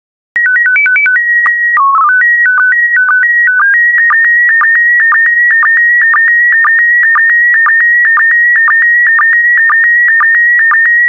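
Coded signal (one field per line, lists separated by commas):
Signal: SSTV (slow-scan television)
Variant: PD 120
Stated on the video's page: SSTV PD120 transmission of bird images.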